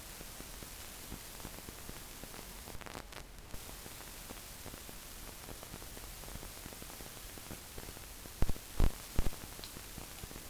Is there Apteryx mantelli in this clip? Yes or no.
no